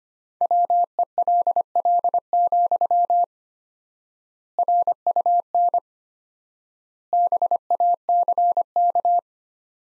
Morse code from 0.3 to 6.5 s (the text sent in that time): WELL, RUN